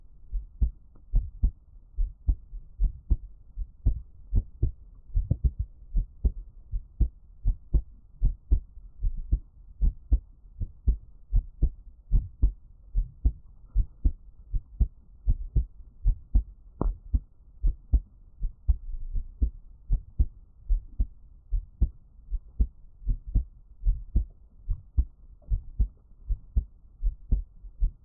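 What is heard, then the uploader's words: A heartbeat thumps steadily through the whole recording, each beat a deep, muffled pair of pulses repeating at a regular resting pace, roughly once a second. The sound is low, with a soft rumbling hum filling the gaps between beats. 獻上我的心跳 | Give my Heartbeat | NO Talking.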